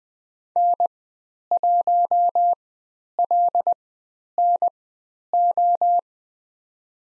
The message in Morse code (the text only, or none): N1LNO